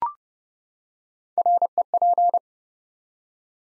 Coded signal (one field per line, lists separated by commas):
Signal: Morse code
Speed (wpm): 30 wpm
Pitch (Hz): 700 Hz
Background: none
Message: REP